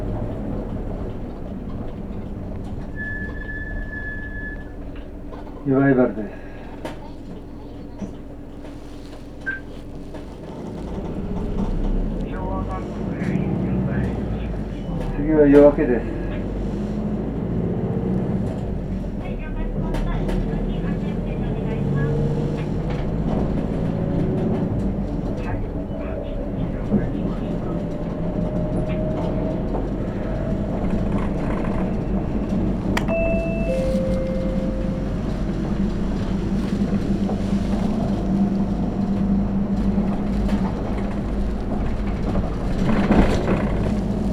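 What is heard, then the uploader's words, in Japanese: A replacement bus idles and pulls away, a low steady engine rumble under brief voices, chimes near 3 and 33 seconds, and clunks. 日田彦山線代行バス 大鶴→夜明 久大本線 夜明→日田。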